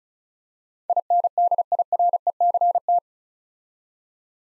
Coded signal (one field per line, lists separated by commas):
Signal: Morse code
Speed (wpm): 36 wpm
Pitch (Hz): 700 Hz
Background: none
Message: INDIRECT